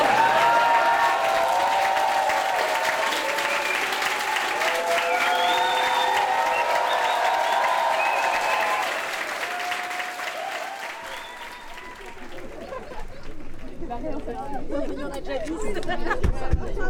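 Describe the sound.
Wedding guests at a wedding ceremony, after the signing of the certificates, clap steadily and loudly, with voices and excited chatter mixed in; the applause thins toward the end as talk and scattered clapping continue.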